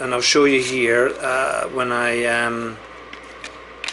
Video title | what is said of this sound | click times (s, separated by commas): S-Color LR100 | I heard it snap so it won't fall off | 3.8 s